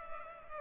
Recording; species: mosquito wingbeat signal from an infrared sensor; Culex pipiens